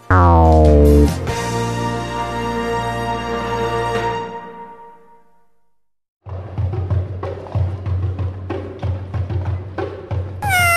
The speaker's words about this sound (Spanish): Un gato caminaba por un tejado maullando.